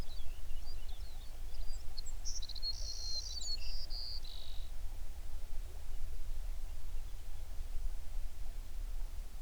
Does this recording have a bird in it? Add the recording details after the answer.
yes. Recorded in the Prudhoe Bay oil fields, Alaska, on 11 June 2019 at 04:47. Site 21